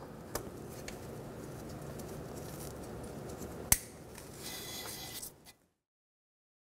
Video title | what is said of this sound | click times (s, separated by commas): How To Replace 02 Sensor 2006-2012 Toyota RAV4 | i'm going to take the new end connector line it up and push it until it clicks | 0.4 s, 3.7 s